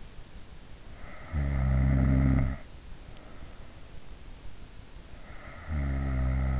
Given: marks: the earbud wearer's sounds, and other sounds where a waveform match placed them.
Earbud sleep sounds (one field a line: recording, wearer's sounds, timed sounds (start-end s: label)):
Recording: sounds in sleep by an in-ear microphone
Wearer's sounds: snoring breath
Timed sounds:
1.46-2.60 s: snoring breath
5.45-6.60 s: snoring breath